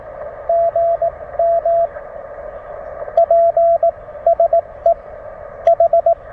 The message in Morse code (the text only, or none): GM P SE H